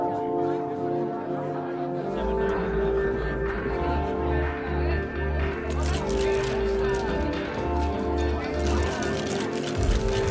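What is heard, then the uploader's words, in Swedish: Murmuring bar noise: a dense, steady blend of many overlapping voices, continuous throughout. A low hum and a faint sustained tone sit underneath, and from about halfway through brighter clinks and clatter, like glasses and dishes, break in repeatedly. Baren. En timme sorlande barljud.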